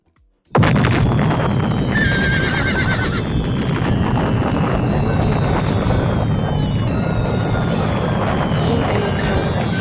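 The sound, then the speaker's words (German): A sudden loud explosion bursts in as a house is blown up and becomes a sustained rumbling roar, while a horse whinnies shrilly early on, briefly cutting through the noise. “Das Haus in die Luft und das Pferd wie in einem Karl-May-Stück, so sind wir.”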